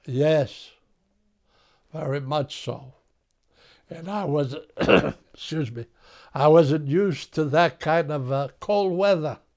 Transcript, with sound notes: Yes, very much so. And I was (coughs) excuse me. I wasn't used to that kind of cold weather.